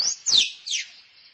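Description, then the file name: Squirrel chirps: a short high squeak, then two downward-sweeping chirps. Female squirrel calling for a mate. "tieng soc cai keu ban tinh"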